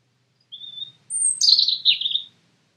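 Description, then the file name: European robin song: a thin high whistle, then a piercing high note leading into a tumbling, twittering phrase that slides downward. Otherwise quiet. "Erithacus rubecula"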